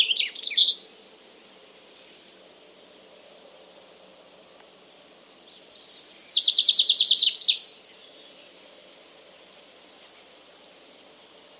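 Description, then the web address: Common chaffinch singing a fast, bright trill that ends in a flourish, with a brief song fragment at the start and scattered high chips before and after. "Deverinetal 2025 File origin Bird Only Fr Co"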